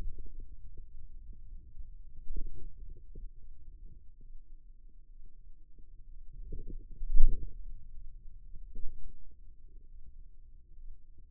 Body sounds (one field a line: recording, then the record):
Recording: forearm muscle sounds (acoustic myography)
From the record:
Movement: hand opening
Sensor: system 2, bracelet of six BSWA MPA416 microphones around the upper forearm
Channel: 2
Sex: male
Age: 22 years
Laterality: right